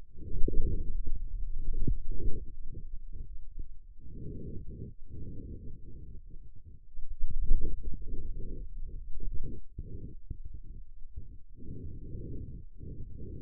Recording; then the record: forearm muscle sounds (acoustic myography)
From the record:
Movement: hand closing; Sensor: system 2, bracelet of six BSWA MPA416 microphones around the upper forearm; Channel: 6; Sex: male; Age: 22 years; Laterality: right